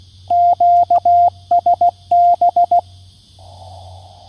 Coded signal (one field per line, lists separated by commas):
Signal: Morse code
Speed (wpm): 16 wpm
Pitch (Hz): 700 Hz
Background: radio noise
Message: QSB